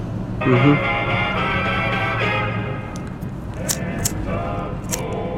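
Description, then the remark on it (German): After a thunderstorm has passed, a radio clicks on and hums with steady tonal drone, then sweeps through hissy static with sharp crackles and brief bursts of noise as the dial turns. “Na, jetzt, wo das Gewitter vorbei ist, kann ich es ja nochmal mit dem Radio versuchen.”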